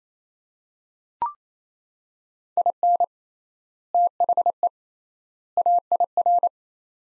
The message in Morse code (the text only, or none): IN THE AIR